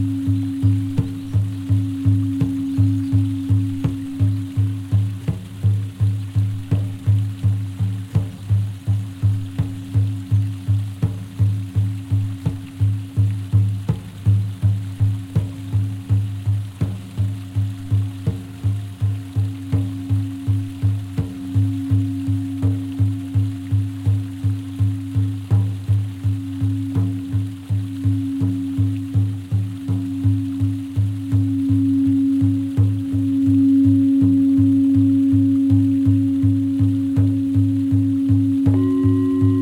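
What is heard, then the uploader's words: Shamanic drumming: a fast, even beat that runs unbroken for the whole stretch, each stroke close on the last. A deep, steady hum rings beneath the hits, and the tempo and loudness barely change, growing slightly fuller near the end. Deep vibrations using singing bowls targeting the crown and heart chakra along with some Shamanic drumming. No modification or altering frequencies to keep it as authentic as possible.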